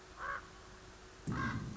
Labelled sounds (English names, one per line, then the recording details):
Common Raven
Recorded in Sonoma County, California